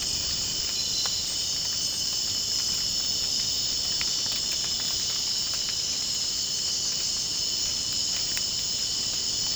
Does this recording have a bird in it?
no